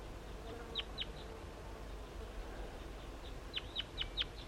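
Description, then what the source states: Crossbill calls: short, high chip notes, a cluster of three to four early on, then a quick run of four or five near the end, with faint hiss throughout. Wild bird, near a net site by a creek with pitch pine, white pine and deciduous trees.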